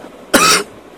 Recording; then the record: coughing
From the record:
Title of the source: 31 night wet cough